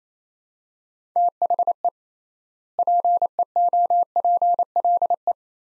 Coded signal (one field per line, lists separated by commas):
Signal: Morse code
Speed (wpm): 27 wpm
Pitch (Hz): 700 Hz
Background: none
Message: THE PEOPLE